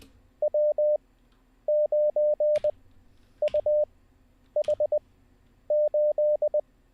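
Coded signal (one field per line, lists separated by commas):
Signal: Morse code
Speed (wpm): 20 wpm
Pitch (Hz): 600 Hz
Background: none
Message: W9UH8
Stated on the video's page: Morse code learning session, day 20, streamed live.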